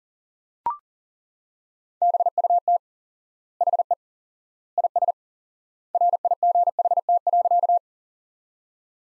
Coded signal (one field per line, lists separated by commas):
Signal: Morse code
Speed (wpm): 40 wpm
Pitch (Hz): 700 Hz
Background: none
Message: BUT HE IS RIGHT.